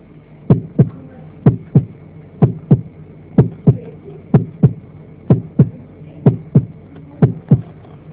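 Normal adult heart sounds heard through a stethoscope: a regular rhythm of paired beats at about 62 per minute, clear first and second sounds with no murmur.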